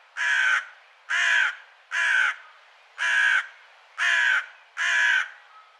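Bird uttering six coarse cawing calls in a steady series, close to one each second, harsh and broad-toned.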